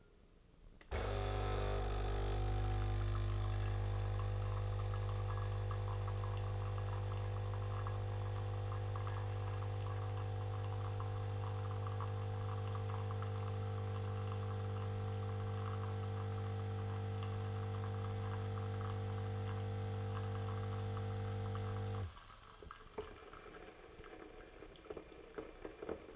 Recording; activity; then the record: daily activity, microphone in the room; make coffee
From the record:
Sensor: 4